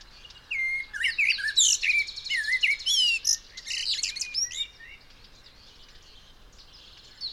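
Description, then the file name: Common blackbird singing a busy, tumbling stretch of fluted whistles and high squeaky notes for several seconds, then falling quiet. "Turdus merula"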